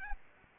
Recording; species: mosquito wingbeat signal from an infrared sensor; Aedes albopictus